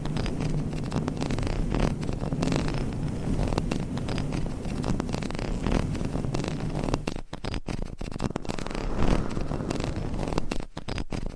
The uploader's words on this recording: ASMR Mic Scratching - Tapping & Brushing on 7 Mics with DIY Mic Covers 100% Tingles - No Talking.